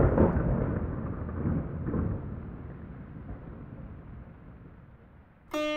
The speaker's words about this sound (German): Draußen gießt der Regen.